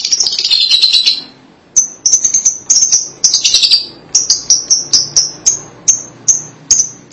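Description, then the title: Lovebird chirps: rough, buzzy high chatter, then a fast series of sharp piercing chirps broken by short buzzy bursts. "BM Suara Burung Lovebird"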